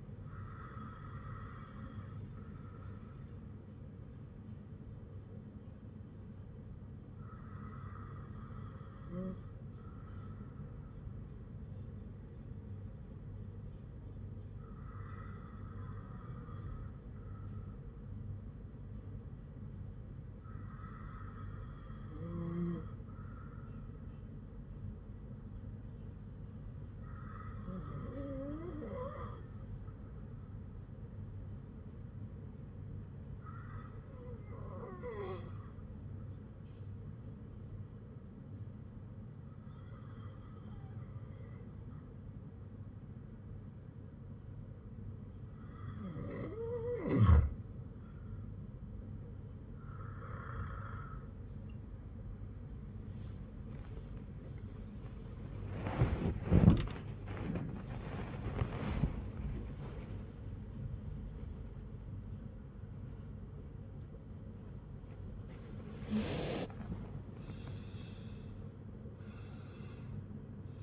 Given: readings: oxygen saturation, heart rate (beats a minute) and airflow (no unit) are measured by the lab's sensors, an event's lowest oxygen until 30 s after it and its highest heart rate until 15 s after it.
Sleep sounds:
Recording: breathing in sleep by a smartphone at the bedside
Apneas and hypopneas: 1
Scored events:
29.00-56.10 s: hypopnea (N2, oxygen 98% highest, then 95% lowest, heart rate 55 at the start, 96 highest)
60.00-70.83 s: new sleep stage, awake
63.00-70.83 s: awake
From the record:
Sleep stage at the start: N2 (light sleep)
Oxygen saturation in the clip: 94 to 98%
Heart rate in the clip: 54 to 93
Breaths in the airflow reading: 11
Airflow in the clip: -13.4 to 15.2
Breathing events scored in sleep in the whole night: 182 in 7.4 hours asleep

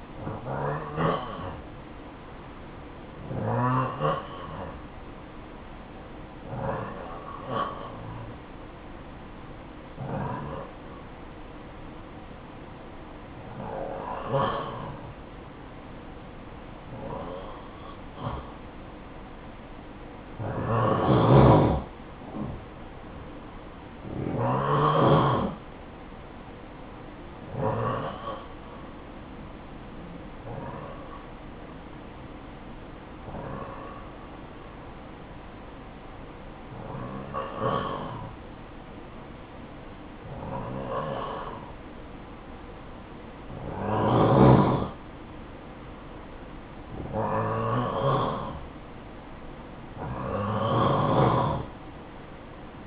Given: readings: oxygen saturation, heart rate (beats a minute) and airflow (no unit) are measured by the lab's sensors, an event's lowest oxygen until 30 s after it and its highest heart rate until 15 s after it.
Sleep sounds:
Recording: breathing in sleep by a voice recorder at the bedside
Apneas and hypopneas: 1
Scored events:
28.00-52.87 s: new sleep stage, N2 (light sleep)
30.00-45.50 s: hypopnea (N2, oxygen 94% highest, then 91% lowest, heart rate 60 at the start, 63 highest)
From the record:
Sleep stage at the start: N1 (lightest sleep)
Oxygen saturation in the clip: 89 to 94%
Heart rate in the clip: 54 to 72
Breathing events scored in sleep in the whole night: 573 in 9.8 hours asleep

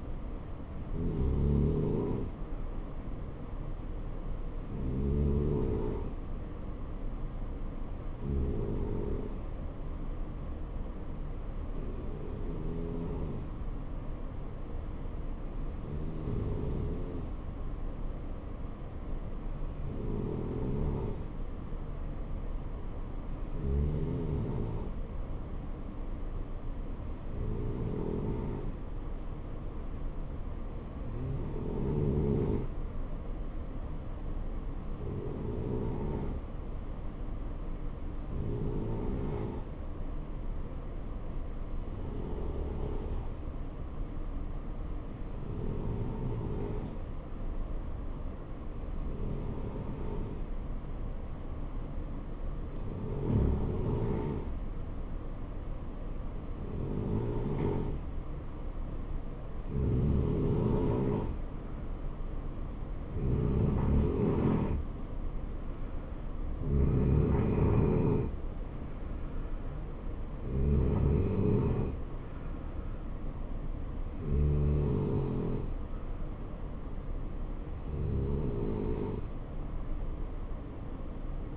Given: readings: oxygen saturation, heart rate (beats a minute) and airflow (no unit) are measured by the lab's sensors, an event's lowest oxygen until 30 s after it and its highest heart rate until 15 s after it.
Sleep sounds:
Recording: breathing in sleep by a smartphone at the bedside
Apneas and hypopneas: 1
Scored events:
5.00-55.80 s: hypopnea (N2, oxygen 93% highest, then 90% lowest, heart rate 62 at the start, 68 highest)
From the record:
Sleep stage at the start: N2 (light sleep)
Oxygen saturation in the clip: 90 to 93%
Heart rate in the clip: 61 to 68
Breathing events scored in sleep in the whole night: 277 in 7.4 hours asleep

